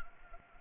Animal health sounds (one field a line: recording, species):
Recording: mosquito wingbeat signal from an infrared sensor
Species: Anopheles gambiae